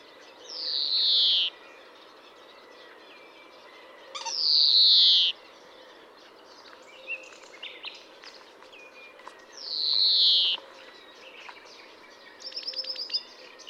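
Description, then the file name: European greenfinch giving three drawn-out, buzzy, descending wheezes spaced several seconds apart, with a short rattle at the end and faint chirps between. "Chloris chloris"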